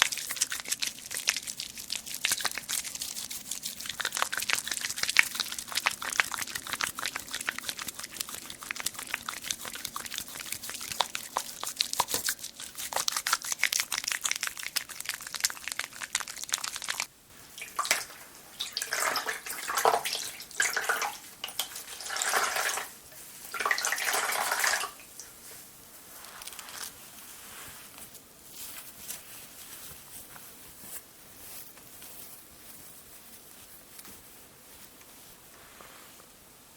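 Skin care sounds with a dense, hissing wash of rubbing and scrubbing for the first seventeen seconds. After that the texture breaks into separate bright swipes and pats, some wet and splashy, with a brief watery run near twenty-four seconds. The last stretch turns much quieter, with soft, sparse touches.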